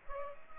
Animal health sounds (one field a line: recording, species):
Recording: mosquito wingbeat signal from an infrared sensor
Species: Culex pipiens